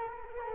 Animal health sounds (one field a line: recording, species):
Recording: mosquito wingbeat signal from an infrared sensor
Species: Culex quinquefasciatus